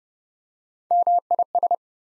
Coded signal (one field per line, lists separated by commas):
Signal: Morse code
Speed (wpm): 30 wpm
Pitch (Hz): 700 Hz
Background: none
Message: MIS